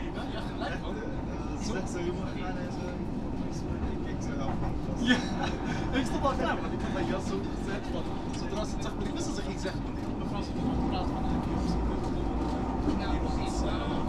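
A ride on the metro, with a steady low rumble of the train running throughout at an even level. Voices of passengers chatter over the rolling noise, and scattered clicks and small knocks of the carriage come through, including a sharper one near five seconds.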